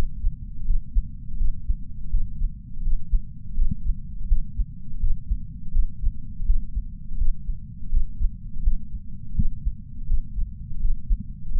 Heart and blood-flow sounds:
heart sounds by patch sensor on the chest; 83 bpm
0.66 s: heartbeat
1.38 s: heartbeat
2.10 s: heartbeat
2.83 s: heartbeat
3.55 s: heartbeat
4.28 s: heartbeat
5.00 s: heartbeat
5.72 s: heartbeat
6.46 s: heartbeat
7.18 s: heartbeat
7.90 s: heartbeat
8.63 s: heartbeat
9.35 s: heartbeat
10.07 s: heartbeat
10.80 s: heartbeat
11.52 s: heartbeat
From the record:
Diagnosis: coronary artery disease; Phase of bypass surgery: postoperative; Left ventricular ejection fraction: 56.8%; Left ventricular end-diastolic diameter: 44 mm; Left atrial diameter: 32 mm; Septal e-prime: 5.7 cm/s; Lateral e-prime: 6.1 cm/s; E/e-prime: 10.2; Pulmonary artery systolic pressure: 32 mmHg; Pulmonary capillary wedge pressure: 12 mmHg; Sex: male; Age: 65 years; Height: 165 cm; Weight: 60 kg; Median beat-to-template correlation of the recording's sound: 0.87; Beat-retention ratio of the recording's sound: 1.00

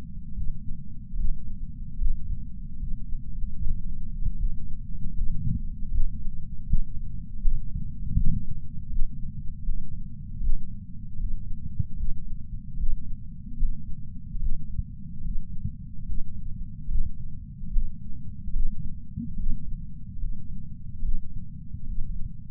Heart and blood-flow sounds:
heart sounds by patch sensor on the chest; 75 bpm
0.36 s: heartbeat
1.17 s: heartbeat
1.99 s: heartbeat
2.80 s: heartbeat
3.59 s: heartbeat
4.39 s: heartbeat
5.15 s: heartbeat
5.92 s: heartbeat
6.67 s: heartbeat
7.40 s: heartbeat
8.15 s: heartbeat
8.90 s: heartbeat
9.65 s: heartbeat
10.41 s: heartbeat
11.19 s: heartbeat
11.97 s: heartbeat
12.78 s: heartbeat
13.58 s: heartbeat
14.40 s: heartbeat
15.24 s: heartbeat
16.06 s: heartbeat
16.89 s: heartbeat
17.72 s: heartbeat
18.54 s: heartbeat
19.38 s: heartbeat
20.19 s: heartbeat
21.03 s: heartbeat
21.87 s: heartbeat
From the record:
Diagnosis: coronary artery disease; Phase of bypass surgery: preoperative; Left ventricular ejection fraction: 63%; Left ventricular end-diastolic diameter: 47 mm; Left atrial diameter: 37 mm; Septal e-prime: 4.5 cm/s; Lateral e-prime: 7.1 cm/s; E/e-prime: 8.6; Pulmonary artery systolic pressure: 20 mmHg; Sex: male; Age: 77 years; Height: 160 cm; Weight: 79.5 kg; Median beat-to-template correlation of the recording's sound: 0.81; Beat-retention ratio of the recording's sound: 0.99

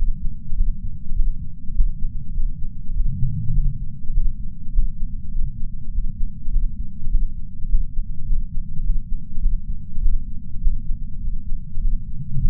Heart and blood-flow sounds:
heart sounds by patch sensor on the chest; 101 bpm
0.55 s: heartbeat
1.14 s: heartbeat
1.73 s: heartbeat
2.32 s: heartbeat
2.92 s: heartbeat
3.53 s: heartbeat
4.12 s: heartbeat
4.71 s: heartbeat
5.31 s: heartbeat
5.91 s: heartbeat
6.50 s: heartbeat
7.09 s: heartbeat
7.67 s: heartbeat
8.25 s: heartbeat
8.82 s: heartbeat
9.40 s: heartbeat
10.00 s: heartbeat
10.60 s: heartbeat
11.19 s: heartbeat
11.80 s: heartbeat
12.39 s: heartbeat
From the record:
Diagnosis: coronary artery disease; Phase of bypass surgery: postoperative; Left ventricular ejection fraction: 64%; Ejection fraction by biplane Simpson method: 61.7%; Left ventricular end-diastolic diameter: 46 mm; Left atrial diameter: 31 mm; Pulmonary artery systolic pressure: 30 mmHg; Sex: male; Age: 43 years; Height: 177 cm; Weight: 75 kg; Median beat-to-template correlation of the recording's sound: 0.76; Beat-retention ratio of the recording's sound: 0.99

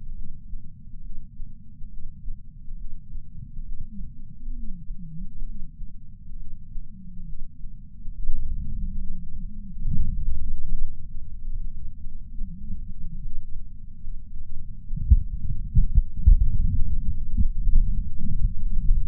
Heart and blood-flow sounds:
heart sounds by patch sensor on the chest; 70 bpm
0.14 s: heartbeat
1.01 s: heartbeat
1.89 s: heartbeat
2.76 s: heartbeat
3.64 s: heartbeat
4.54 s: heartbeat
5.45 s: heartbeat
6.36 s: heartbeat
7.25 s: heartbeat
8.13 s: heartbeat
8.97 s: heartbeat
9.83 s: heartbeat
10.68 s: heartbeat
11.52 s: heartbeat
12.36 s: heartbeat
13.20 s: heartbeat
14.04 s: heartbeat
14.88 s: heartbeat
15.71 s: heartbeat
16.55 s: heartbeat
17.38 s: heartbeat
18.19 s: heartbeat
18.99 s: heartbeat
From the record:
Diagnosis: coronary artery disease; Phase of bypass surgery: preoperative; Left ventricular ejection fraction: 52.3%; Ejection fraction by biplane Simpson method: 38%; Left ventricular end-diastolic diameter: 62 mm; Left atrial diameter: 45 mm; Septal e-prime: 4 cm/s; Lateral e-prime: 7 cm/s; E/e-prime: 12.2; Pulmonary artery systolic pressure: 24 mmHg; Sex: male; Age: 61 years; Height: 174 cm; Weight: 80 kg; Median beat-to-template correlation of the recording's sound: 0.91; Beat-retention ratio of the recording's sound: 0.97

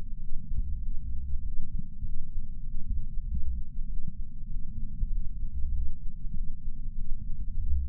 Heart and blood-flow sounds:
heart sounds by patch sensor on the chest; 98 bpm
0.18 s: heartbeat
0.80 s: heartbeat
1.41 s: heartbeat
2.03 s: heartbeat
2.64 s: heartbeat
3.25 s: heartbeat
3.86 s: heartbeat
4.48 s: heartbeat
5.09 s: heartbeat
5.71 s: heartbeat
6.33 s: heartbeat
6.94 s: heartbeat
7.56 s: heartbeat
From the record:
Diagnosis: coronary artery disease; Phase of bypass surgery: preoperative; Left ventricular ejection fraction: 66.8%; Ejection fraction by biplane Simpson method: 67.5%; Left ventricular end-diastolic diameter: 41 mm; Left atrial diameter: 29 mm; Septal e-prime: 9.5 cm/s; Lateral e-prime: 10.6 cm/s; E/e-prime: 8.7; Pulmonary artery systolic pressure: 27 mmHg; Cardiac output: 4.8 L/min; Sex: female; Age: 77 years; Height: 168 cm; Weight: 49 kg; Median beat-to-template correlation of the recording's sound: 0.81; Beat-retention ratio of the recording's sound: 0.99

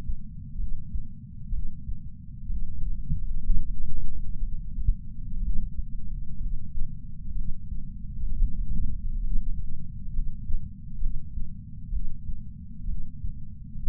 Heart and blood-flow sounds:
heart sounds by patch sensor on the chest; 63 bpm
0.57 s: heartbeat
1.51 s: heartbeat
2.47 s: heartbeat
3.42 s: heartbeat
4.39 s: heartbeat
5.41 s: heartbeat
6.39 s: heartbeat
7.34 s: heartbeat
8.29 s: heartbeat
9.20 s: heartbeat
10.12 s: heartbeat
10.99 s: heartbeat
11.91 s: heartbeat
12.86 s: heartbeat
13.81 s: heartbeat
From the record:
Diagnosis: coronary artery disease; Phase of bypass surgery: preoperative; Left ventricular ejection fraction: 47%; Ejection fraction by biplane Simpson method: 47.3%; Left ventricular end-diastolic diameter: 51 mm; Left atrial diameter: 32 mm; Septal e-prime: 4.7 cm/s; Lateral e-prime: 7 cm/s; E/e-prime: 9.1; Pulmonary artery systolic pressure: 21 mmHg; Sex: male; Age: 60 years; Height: 174 cm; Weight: 72 kg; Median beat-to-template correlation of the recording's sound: 0.91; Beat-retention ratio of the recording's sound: 0.98

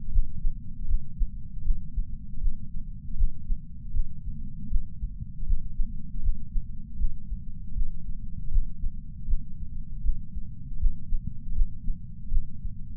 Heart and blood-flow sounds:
heart sounds by patch sensor on the chest; 79 bpm
0.11 s: heartbeat
0.87 s: heartbeat
1.64 s: heartbeat
2.40 s: heartbeat
3.16 s: heartbeat
3.93 s: heartbeat
4.69 s: heartbeat
5.45 s: heartbeat
6.22 s: heartbeat
6.98 s: heartbeat
7.74 s: heartbeat
8.50 s: heartbeat
9.27 s: heartbeat
10.03 s: heartbeat
10.79 s: heartbeat
11.54 s: heartbeat
12.30 s: heartbeat
From the record:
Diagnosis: coronary artery disease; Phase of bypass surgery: postoperative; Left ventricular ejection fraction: 62.4%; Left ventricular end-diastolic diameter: 42 mm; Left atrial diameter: 36 mm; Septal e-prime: 5.8 cm/s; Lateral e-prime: 9.2 cm/s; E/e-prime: 7.3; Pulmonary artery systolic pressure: 36 mmHg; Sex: male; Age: 59 years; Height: 162 cm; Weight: 60 kg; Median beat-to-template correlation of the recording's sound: 0.83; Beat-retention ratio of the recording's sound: 0.99

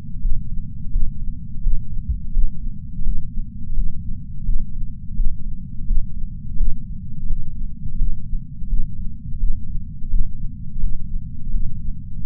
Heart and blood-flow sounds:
heart sounds by patch sensor on the chest; 85 bpm
0.22 s: heartbeat
0.93 s: heartbeat
1.64 s: heartbeat
2.34 s: heartbeat
3.05 s: heartbeat
3.76 s: heartbeat
4.46 s: heartbeat
5.17 s: heartbeat
5.88 s: heartbeat
6.58 s: heartbeat
7.29 s: heartbeat
8.00 s: heartbeat
8.70 s: heartbeat
9.40 s: heartbeat
10.11 s: heartbeat
10.82 s: heartbeat
11.53 s: heartbeat
12.23 s: heartbeat
From the record:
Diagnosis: coronary artery disease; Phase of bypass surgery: postoperative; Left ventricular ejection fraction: 63%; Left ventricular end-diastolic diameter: 47 mm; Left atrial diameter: 42 mm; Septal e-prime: 6.9 cm/s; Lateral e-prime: 10.4 cm/s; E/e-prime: 10.3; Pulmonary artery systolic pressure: 20 mmHg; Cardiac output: 7.8 L/min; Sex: female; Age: 70 years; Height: 164 cm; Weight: 70 kg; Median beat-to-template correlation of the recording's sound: 0.88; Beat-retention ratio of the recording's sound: 1.00

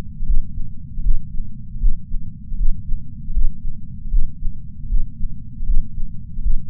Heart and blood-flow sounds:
heart sounds by patch sensor on the chest; 78 bpm
0.22 s: heartbeat
0.99 s: heartbeat
1.76 s: heartbeat
2.53 s: heartbeat
3.29 s: heartbeat
4.06 s: heartbeat
4.85 s: heartbeat
5.62 s: heartbeat
6.38 s: heartbeat
From the record:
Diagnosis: coronary artery disease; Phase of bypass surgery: intraoperative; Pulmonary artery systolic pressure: 21 mmHg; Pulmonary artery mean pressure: 15 mmHg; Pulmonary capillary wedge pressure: 10 mmHg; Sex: male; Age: 65 years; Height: 170 cm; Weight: 65 kg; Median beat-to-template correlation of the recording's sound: 0.94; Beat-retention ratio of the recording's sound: 0.99

